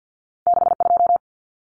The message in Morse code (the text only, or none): 62